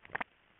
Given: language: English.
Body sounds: throat vibration sensor signal played as sound; swallow

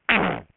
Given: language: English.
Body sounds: throat vibration sensor signal played as sound; throat clearing

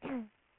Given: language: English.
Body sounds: throat vibration sensor signal played as sound; throat clearing

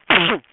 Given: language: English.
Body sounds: throat vibration sensor signal played as sound; cough

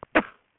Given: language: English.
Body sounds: throat vibration sensor signal played as sound; cough

